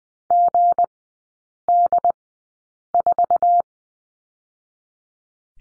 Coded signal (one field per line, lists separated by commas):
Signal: Morse code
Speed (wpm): 19 wpm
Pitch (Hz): 700 Hz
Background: none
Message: GD4